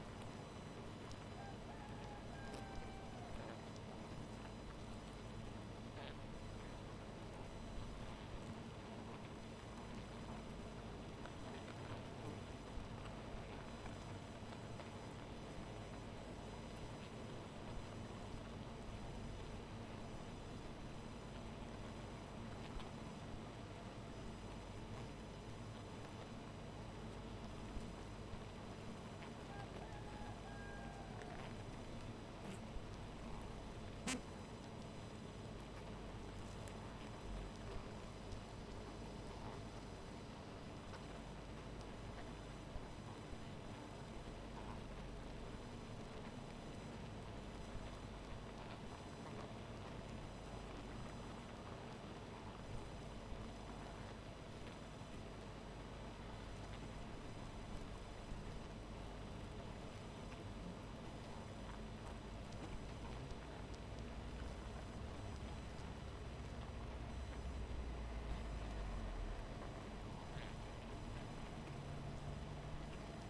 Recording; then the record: honeybee colony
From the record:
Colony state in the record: missing queen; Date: 14 July 2017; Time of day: 0:07